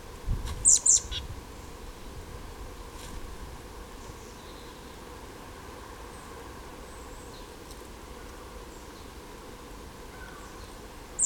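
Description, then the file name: Marsh tit calls: a quick pair of sharp, very high notes near the start, then another single high note at the very end, over steady low background rumble. "Poecile palustris"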